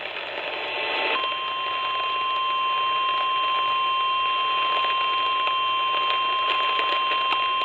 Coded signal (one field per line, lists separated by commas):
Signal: Emergency Alert System (SAME) tones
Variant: 1050 Hz attention tone